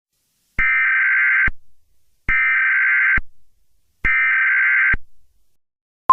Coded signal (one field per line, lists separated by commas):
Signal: Emergency Alert System (SAME) tones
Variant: header bursts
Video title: EAS Update #4